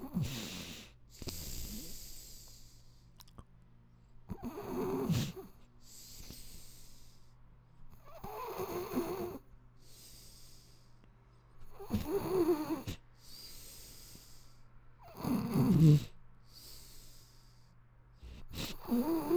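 Snoring: rhythmic, rattling breath sounds recur about every three to four seconds, roughly 18 breaths a minute. The low, fluttering rumble on each breath alternates with quieter, airy phases.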